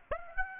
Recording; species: mosquito wingbeat signal from an infrared sensor; Aedes aegypti